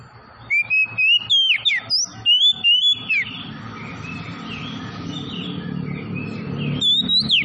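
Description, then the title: Oriental magpie-robin delivering rapid whistled phrases for about three seconds, then a noisy lull, and a few more sweeping whistles near the end. Tretes variety, singing vigorously (gacor). "Kacer Tretes"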